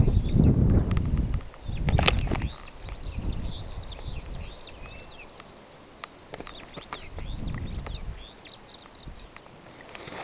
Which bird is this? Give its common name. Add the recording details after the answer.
Superb Starling. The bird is a male. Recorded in Kenya on 20 May 2010. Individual 104, of group SRB2